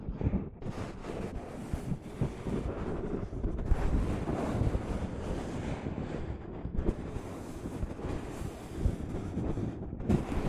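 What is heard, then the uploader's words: Soft fabric brushes against a microphone in a continuous, dense rumble of rustling and scraping, heaviest in the low end. The rubbing swells and eases irregularly, with brief dips near one, six and ten seconds, and occasional sharper scuffs throughout. ASMR Mic Brushing using Soft Fabric (No Talking).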